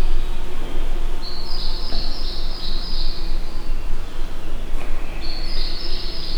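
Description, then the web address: Insect call: two high, buzzy trills, the first lasting about two and a half seconds and the second starting near the end, over a continuous low hum. Captive insect at a zoo in Miskolc, in an outer hall, 2018. "rovar kulsoterem miskolczoo"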